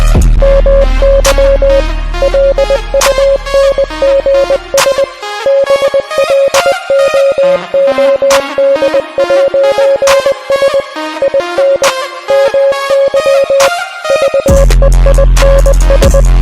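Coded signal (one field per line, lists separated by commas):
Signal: Morse code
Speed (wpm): 20 wpm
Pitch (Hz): 550 Hz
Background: music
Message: MY LUNGS BLOOD'S IN MY VEINS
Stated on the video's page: Song lyrics converted to Morse code with an online translator, with other song audio in the background.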